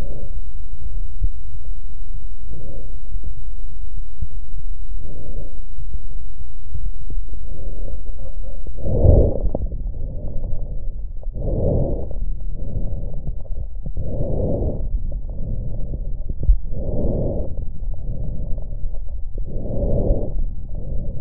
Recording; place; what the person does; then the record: lung sounds by stethoscope; left posterior basal chest; quiet breathing, then deep breathing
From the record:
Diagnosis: interstitial lung disease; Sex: female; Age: 70 years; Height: 160 cm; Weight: 93 kg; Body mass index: 36.3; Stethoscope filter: extended mode